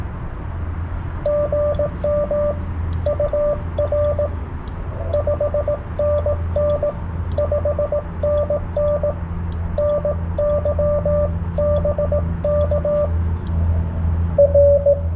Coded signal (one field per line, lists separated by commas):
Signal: Morse code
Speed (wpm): 18 wpm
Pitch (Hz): 590 Hz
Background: radio noise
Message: GM UR 5NN 5NN NY BK R